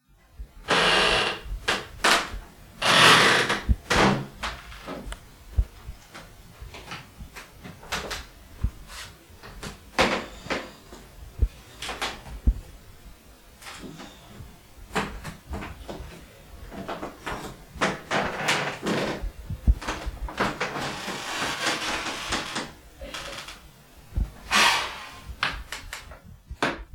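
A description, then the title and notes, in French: A wooden floor creaks and knocks under shifting weight, with scattered taps and a longer rasping groan around twenty seconds. Mon plancher craque. Chez moi, le plancher craque.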